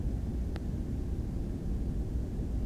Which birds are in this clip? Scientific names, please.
none